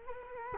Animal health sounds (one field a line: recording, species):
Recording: mosquito wingbeat signal from an infrared sensor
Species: Culex quinquefasciatus